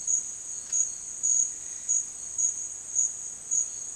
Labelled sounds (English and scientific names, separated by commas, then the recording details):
none
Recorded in dense forest near Puerto Asís, Putumayo, Colombia, on 22 June 2025 at 12:00
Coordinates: 0.468, -76.322
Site GP03